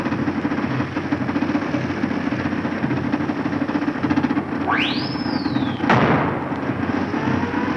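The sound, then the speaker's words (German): A steady, low Junkers 13 airplane engine drone runs throughout, joined near the end by a rising, then falling whistle and a sudden sharp bang. “ich höre das Flugzeug des Genossen Babuschkin”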